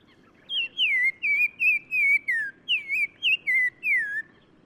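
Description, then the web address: Black-crowned tchagra whistling: two descending series of clear, slurred whistles, many notes in all, each series sliding lower toward its end. Recorded in Morocco. "Black-crowned Tchagra. new sound approach title morocco"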